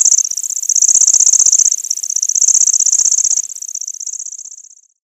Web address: Schulze Peter Lanceolated Warbler song